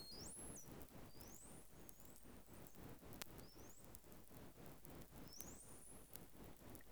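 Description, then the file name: Bottlenose dolphin whistling repeatedly, several high rising and flat-topped tones in succession, with a steady bed of crackling clicks beneath. "GRAND DAUPHIN"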